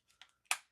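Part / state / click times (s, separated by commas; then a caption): headphone ear cup folding hinge into its locked open position / seated / 0.5 s. The folded ear cup of a pair of plastic Baseus Bowie 30 Max over-ear noise-cancelling headphones is swung out on its hinge, with faint plastic rubbing and a small tick around 0.2 s. A sharp, bright click at 0.5 s marks the hinge locking into its open position.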